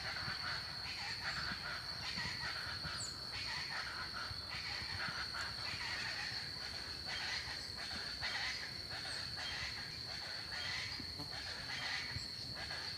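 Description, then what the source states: Chaco chachalaca calls: harsh, raspy notes in bursts repeated roughly once a second, over a steady high-pitched tone. Several birds, locally called charatas, in El Impenetrable, Argentina.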